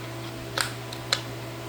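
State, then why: Seated. A 12 mm orbit throw insert is pushed again into the quick-connect head of an SPTA Mini Cordless Polisher V3, with the dimples lined up, over a steady low hum. A light tick at 0.6 s and a faint one at 0.9 s come before the sharp, bright click at 1.1 s as the insert snaps in. It is seated and won't come out.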